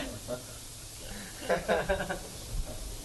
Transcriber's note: laughter